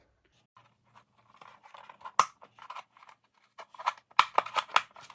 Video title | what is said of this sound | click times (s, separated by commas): How To Replace Nissan Altima Side Mirror Cap In Minutes | So you hear that click. | 2.2 s, 4.2 s